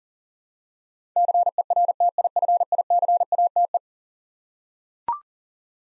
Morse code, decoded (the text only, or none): CERTIFICATE